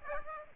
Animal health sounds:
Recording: mosquito wingbeat signal from an infrared sensor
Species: Aedes aegypti

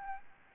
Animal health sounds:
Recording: mosquito wingbeat signal from an infrared sensor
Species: Aedes albopictus

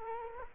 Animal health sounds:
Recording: mosquito wingbeat signal from an infrared sensor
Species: Culex quinquefasciatus

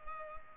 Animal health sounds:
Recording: mosquito wingbeat signal from an infrared sensor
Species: Culex pipiens

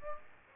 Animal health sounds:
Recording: mosquito wingbeat signal from an infrared sensor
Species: Aedes aegypti

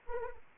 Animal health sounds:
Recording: mosquito wingbeat signal from an infrared sensor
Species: Anopheles arabiensis

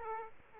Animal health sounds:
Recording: mosquito wingbeat signal from an infrared sensor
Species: Aedes aegypti

